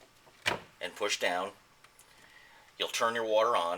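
A low-flow disinfectant chemical bottle is inserted into the top of a wall-mounted dilution dispenser and pushed down, giving a single sharp hit at 0.5 s as it seats. Faint small ticks follow around 1.8 and 2.0 s, and someone talks before and after.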